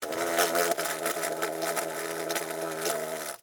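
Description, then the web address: Wasp buzzing with a steady, droning hum, broken by sharp clicks and taps. Trapped inside a container, wings buzzing as it flies. "Blastwave INSECTS Wasp Trapped"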